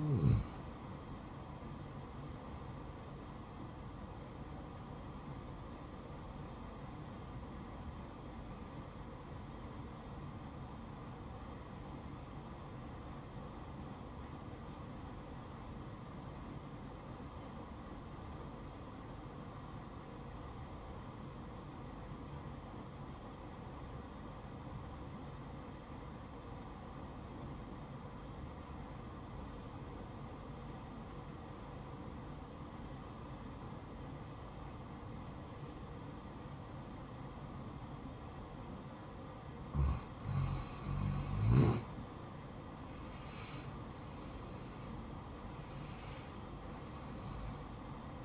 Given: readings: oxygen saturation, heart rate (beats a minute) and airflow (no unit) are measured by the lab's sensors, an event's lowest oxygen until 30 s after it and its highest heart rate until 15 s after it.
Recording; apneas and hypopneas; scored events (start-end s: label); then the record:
breathing in sleep by a smartphone at the bedside; 1
8.00-43.50 s: obstructive apnea (N2, oxygen 95% highest, then 88% lowest, heart rate 65 at the start, 70 highest)
From the record:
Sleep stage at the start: N2 (light sleep); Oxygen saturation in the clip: 87 to 95%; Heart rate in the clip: 62 to 70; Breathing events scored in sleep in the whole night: 573 in 9.8 hours asleep